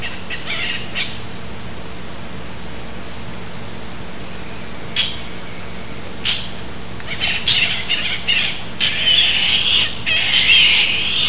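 Bird calling in scattered short clicks at first, then a rapid run of scratchy, chattering notes building toward the end, with constant low hiss.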